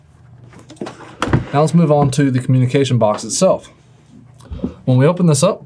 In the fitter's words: and then to install slide it in and then shut the door until it clicks